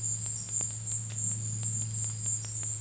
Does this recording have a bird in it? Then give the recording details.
no. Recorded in dense forest near Puerto Asís, Putumayo, Colombia, on 20 February 2024 at 14:00. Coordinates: 0.487, -76.319. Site G6403